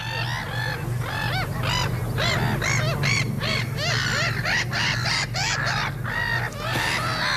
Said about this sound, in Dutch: En Marcel Maas stuurt ons een prachtig landschap van geluid vanuit de verdronken Zwarte Polder in Zeeuws-Vlaanderen. Met onder andere kokmeeuwen boven de schorren en slikken.